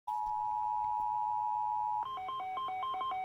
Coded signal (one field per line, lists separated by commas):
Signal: Emergency Alert System (SAME) tones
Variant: 853 and 960 Hz attention tone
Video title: EAS 1270 SVR NWS Lubbock